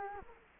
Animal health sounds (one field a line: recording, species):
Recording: mosquito wingbeat signal from an infrared sensor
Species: Culex quinquefasciatus